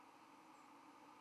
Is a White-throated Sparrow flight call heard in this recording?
yes